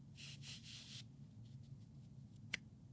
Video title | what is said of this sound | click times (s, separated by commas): New Knives For This Spring | And it just clicks right in. | 2.5 s